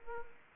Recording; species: mosquito wingbeat signal from an infrared sensor; Aedes aegypti